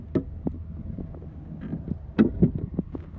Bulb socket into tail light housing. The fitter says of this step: spin till it clicks, put